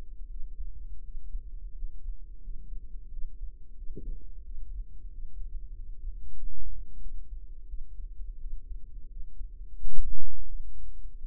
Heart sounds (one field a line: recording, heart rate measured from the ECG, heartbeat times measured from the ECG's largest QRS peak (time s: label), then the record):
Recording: heart sounds by microphone in the right ear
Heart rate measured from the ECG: 88 bpm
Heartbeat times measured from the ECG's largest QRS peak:
0.27 s: heartbeat
1.01 s: heartbeat
1.73 s: heartbeat
2.39 s: heartbeat
3.08 s: heartbeat
3.74 s: heartbeat
4.42 s: heartbeat
5.08 s: heartbeat
5.71 s: heartbeat
6.33 s: heartbeat
6.98 s: heartbeat
7.65 s: heartbeat
8.38 s: heartbeat
9.07 s: heartbeat
9.73 s: heartbeat
10.45 s: heartbeat
11.16 s: heartbeat
From the record:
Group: healthy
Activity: rest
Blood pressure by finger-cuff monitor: 115/65 mmHg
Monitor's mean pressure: 82 mmHg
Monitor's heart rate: 88 bpm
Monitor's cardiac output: 7.7 L/min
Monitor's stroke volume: 87 mL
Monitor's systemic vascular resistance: 770 dyn s/cm5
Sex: female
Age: 26 years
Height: 165 cm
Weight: 55 kg